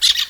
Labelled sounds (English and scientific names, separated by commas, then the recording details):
Brown-throated Parakeet (Eupsittula pertinax) contact call
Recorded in Venezuela
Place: Guárico; Corozopando; Fundo La Fe
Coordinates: 8.506, -67.593